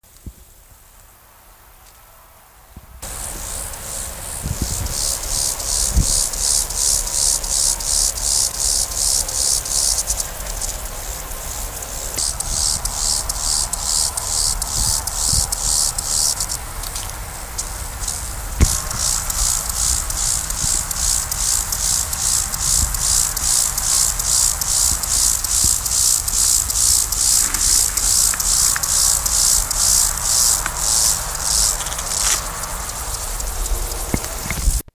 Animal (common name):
Lesser Field Grasshopper